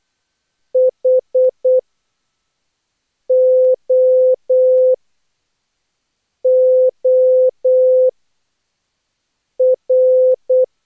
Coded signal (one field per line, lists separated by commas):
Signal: Morse code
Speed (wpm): 15 wpm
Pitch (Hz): 510 Hz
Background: none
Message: HOOR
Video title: Daily Minutes, December 29, 2015, with contestia